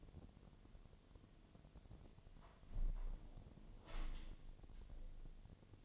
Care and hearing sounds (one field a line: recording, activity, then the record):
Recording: daily activity, microphone in the room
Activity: close window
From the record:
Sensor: 4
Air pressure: 1007.3 hPa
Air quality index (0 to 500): 193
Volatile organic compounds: 6 ppm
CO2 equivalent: 1924 ppm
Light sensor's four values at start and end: 23/73/28/27 and 23/73/28/27